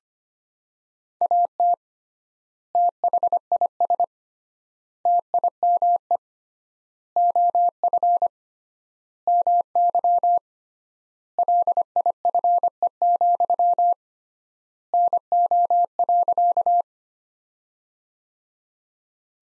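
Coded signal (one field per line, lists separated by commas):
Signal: Morse code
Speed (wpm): 25 wpm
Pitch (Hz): 700 Hz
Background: none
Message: AT THIS TIME OF MY LIFE, NO.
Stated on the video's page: Morse practice sentences from top 300 words at 25 wpm with 3x standard word spacing, a word-level analogue of Farnsworth spacing.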